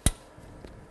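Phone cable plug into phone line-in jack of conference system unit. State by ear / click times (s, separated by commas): seated / 0.1 s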